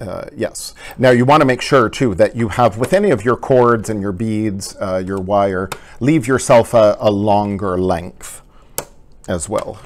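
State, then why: Seated. Someone talks while a Janome snap-on cording/beading presser foot is pressed onto the metal serger foot holder. It locks into place with one sharp click at 8.8 s, seating the foot.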